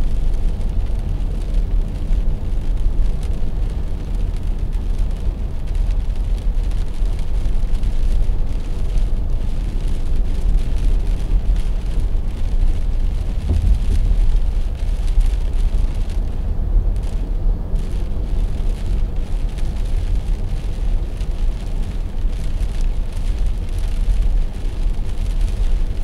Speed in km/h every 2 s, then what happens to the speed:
75, 76, 78, 77, 76, 77, 78, 79, 80, 79, 80, 79, 79.
0-26 steady at about 78.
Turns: none.